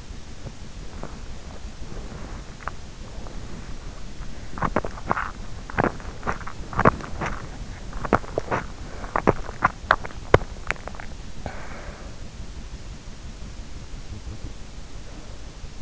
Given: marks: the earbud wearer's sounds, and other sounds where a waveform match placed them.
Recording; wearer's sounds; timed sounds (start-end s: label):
sounds in sleep by an in-ear microphone; body movement, teeth grinding, breath, swallowing
0.00-15.25 s: body movement
0.26-2.89 s: teeth grinding
1.64-3.91 s: breath
4.32-9.94 s: teeth grinding
10.12-11.28 s: swallowing
11.28-12.66 s: breath
14.80-15.82 s: breath